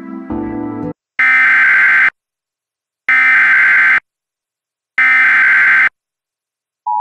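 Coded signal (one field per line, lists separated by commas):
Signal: Emergency Alert System (SAME) tones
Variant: header bursts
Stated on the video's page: Reenactment mock using valid alert tones.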